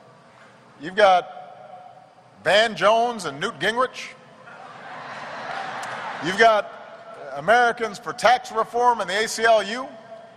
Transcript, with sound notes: You've got Van Jones and Newt Gingrich. (Laughter.) You've got Americans for Tax Reform and the ACLU.